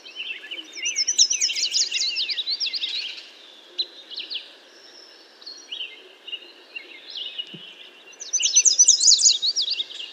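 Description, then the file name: American yellow warbler song: two bright bursts of fast, high, sweet chirped notes, with softer notes between. "American Yellow Warbler Setophaga aestiva"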